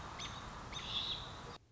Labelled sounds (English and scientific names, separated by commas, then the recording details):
American Robin (Turdus migratorius)
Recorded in Sonoma County, California